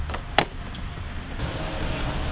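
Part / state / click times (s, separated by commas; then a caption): plastic wall panel into the cabinet frame / seated / 0.4 s. A plastic wall "log" panel of a Keter Unity XL resin outdoor cabinet is pressed tightly into the next panel of the cabinet frame until it seats with a sharp click at 0.4 s, preceded by a softer tap at 0.1 s. A steady low background rumble continues to the end.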